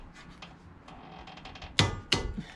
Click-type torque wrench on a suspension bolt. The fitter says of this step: we go hear that click listen to this just